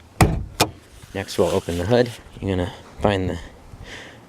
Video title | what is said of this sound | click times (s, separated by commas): How to find Impreza fuse relay box 3 locations ** Wondering where are the fuse box and relay box? | gonna pull it down and forward you'll hear a pop in the front next | 0.2 s, 0.6 s